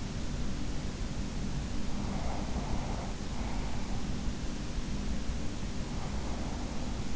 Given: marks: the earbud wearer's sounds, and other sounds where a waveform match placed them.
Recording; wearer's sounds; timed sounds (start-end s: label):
sounds in sleep by an in-ear microphone; breath
1.75-4.31 s: breath